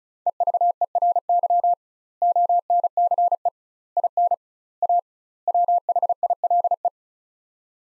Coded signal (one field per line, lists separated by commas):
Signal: Morse code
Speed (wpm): 36 wpm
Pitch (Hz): 700 Hz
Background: none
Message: EVERY ONCE IN A WHILE